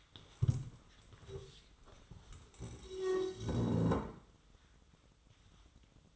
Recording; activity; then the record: daily activity, microphone in the room; stand up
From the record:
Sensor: 3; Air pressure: 1005.4 hPa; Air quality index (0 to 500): 96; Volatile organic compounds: 3 ppm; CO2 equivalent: 1506 ppm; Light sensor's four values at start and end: 10/22/9/9 and 9/19/8/8